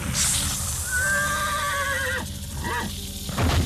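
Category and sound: animal, horse neighing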